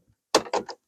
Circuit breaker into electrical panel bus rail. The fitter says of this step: It's actually going to lock right in place.